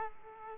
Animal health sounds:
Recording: mosquito wingbeat signal from an infrared sensor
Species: Aedes aegypti

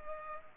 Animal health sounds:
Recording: mosquito wingbeat signal from an infrared sensor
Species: Culex pipiens

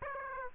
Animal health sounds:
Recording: mosquito wingbeat signal from an infrared sensor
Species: Aedes aegypti

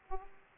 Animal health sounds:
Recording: mosquito wingbeat signal from an infrared sensor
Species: Aedes aegypti

